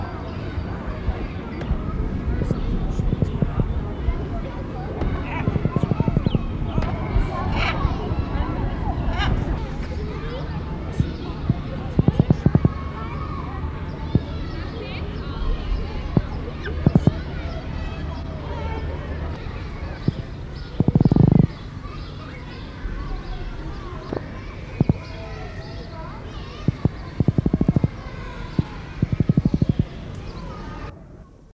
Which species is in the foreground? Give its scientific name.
Chauna torquata